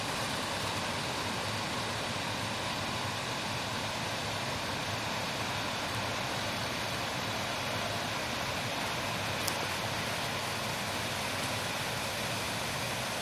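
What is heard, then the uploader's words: A stream rushes with a dull, unbroken roar that stays at the same level for the whole stretch, thick with low rumble and a hiss reaching high up. The water sounds constant, with only a faint tick near the ninth second. Recording the dull roar of Palnure Burn.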